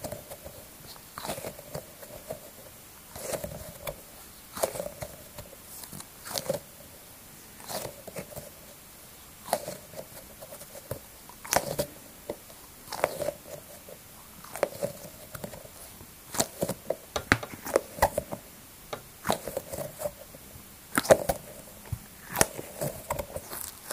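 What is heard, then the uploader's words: A relaxing ball is kneaded in short squeezes, each a soft crackly squish with a faint squeak, repeating irregularly every second or two over quiet. Knead a relaxing ball. ASMR.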